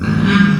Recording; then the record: squeal of a Yucatan mini pig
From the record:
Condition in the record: after surgery on the right vocal fold (resection and tissue-engineered implant); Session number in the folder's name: 13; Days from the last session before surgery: 113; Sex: female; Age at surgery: 19 weeks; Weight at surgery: 25 kg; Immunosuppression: prednisolone